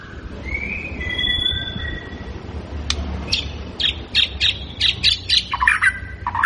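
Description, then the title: White-rumped shama song: after a hissing stretch with a faint whistle, sharp high chip notes and short bright phrases come in quick succession. Lure recording meant to make the bird respond; bird described as gacor (singing energetically). "PANCINGAN MURAI BATU GACOR"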